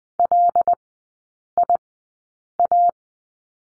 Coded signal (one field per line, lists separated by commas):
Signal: Morse code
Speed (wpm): 19 wpm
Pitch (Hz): 700 Hz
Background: none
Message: LIA